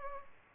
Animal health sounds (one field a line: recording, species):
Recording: mosquito wingbeat signal from an infrared sensor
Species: Culex pipiens